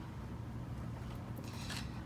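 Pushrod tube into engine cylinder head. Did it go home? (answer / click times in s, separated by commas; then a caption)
no / none. An Empi replacement pushrod tube is lined up with its hole in the engine cylinder head of a watercooled VW Vanagon and pushed partway in by hand. A steady low hum runs throughout, with faint scraping handling noises around 1.4 to 1.8 seconds. Nothing has seated or clicked yet.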